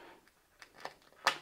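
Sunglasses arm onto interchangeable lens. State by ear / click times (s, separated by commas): seated / 1.3 s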